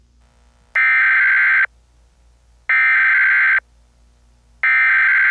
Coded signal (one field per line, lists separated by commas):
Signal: Emergency Alert System (SAME) tones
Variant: header bursts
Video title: EAS Scenario #57: Project Gray